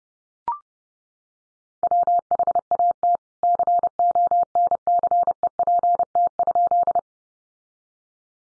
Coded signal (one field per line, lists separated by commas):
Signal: Morse code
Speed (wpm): 30 wpm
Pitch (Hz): 700 Hz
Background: none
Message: WHAT CONCEPT?